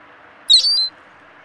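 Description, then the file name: Ring-billed gull giving a single high-pitched call of roughly four tenths of a second, starting abruptly and then holding steady, against faint background hiss. "Ring-billed Gull - Larus delawarensis"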